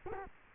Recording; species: mosquito wingbeat signal from an infrared sensor; Culex quinquefasciatus